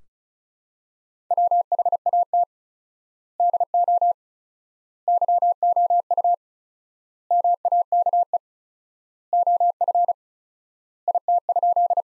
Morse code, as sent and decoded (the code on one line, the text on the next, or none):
.-- .... .- - / -.. --- / -.-- --- ..- / -- .- -.- . / --- ..-. / .. - ..--..
WHAT DO YOU MAKE OF IT?